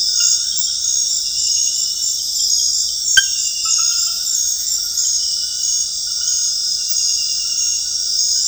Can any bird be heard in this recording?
no